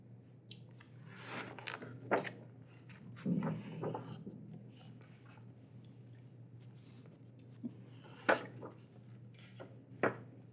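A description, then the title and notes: Books are handled and checked, with sharp taps, rustles and soft thumps at about 2, 3.5, 8.3 and 10 seconds. Quieter shuffling fills the gaps, and a steady low hum runs underneath throughout. Librarian Checking Books ASMR. I will be checking through and prepping books for the library. There are some noise issues in this one.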